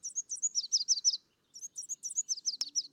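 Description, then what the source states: Red warbler singing two quick phrases of high, twittering slurred notes separated by a brief pause, with a sharp click near the end. Song of a clear morning; endemic to humid pine, oak and fir forests of the Mexican highlands; barely 5 inches long, lighter than a AAA battery.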